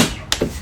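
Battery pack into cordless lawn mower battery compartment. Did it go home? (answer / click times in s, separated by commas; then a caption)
yes / 0.3 s. An 80V battery pack is pushed into the battery compartment of a Masterforce 21-inch cordless lawn mower until it locks. A single sharp, loud click is heard at 0.3 s, and a softer knock follows at about 0.4 s. The pack is seated and locked in place.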